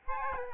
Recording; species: mosquito wingbeat signal from an infrared sensor; Aedes albopictus